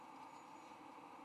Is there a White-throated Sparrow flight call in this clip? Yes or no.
no